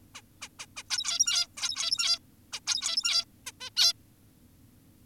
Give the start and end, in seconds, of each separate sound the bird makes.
0.15-0.22, 0.42-0.48, 0.59-0.66, 0.77-0.83, 0.90-1.48, 1.57-2.19, 2.53-2.60, 2.67-3.25, 3.46-3.52, 3.61-3.70, 3.77-3.93